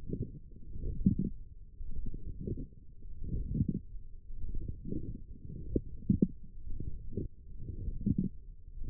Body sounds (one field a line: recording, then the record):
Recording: forearm muscle sounds (acoustic myography)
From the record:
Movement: forearm pronation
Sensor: system 1, eight BSWA MPA416 microphones around the upper forearm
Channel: 1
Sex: male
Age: 42 years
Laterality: right